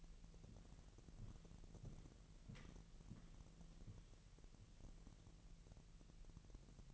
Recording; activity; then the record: daily activity, microphone in the room; walk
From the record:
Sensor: 4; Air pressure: 1003.0 hPa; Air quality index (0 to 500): 246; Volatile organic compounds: 26 ppm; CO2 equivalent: 2868 ppm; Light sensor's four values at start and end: 8/17/7/7 and 8/17/7/7